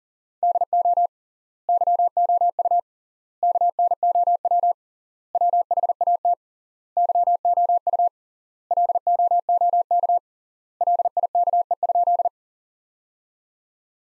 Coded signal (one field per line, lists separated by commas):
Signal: Morse code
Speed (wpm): 37 wpm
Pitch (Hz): 700 Hz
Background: none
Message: DO YOU KNOW WHAT YOU LOOK LIKE?